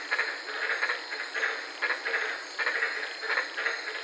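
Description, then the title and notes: White-lipped tree frogs croaking in repeated pulsed bursts, with a steady high hiss behind. Several frogs calling at night in the Daintree rainforest, Queensland, heard from inside a parked car. "sitting in my car in the Daintree rainforest in Queensland this night. these amazing White lipped frogs"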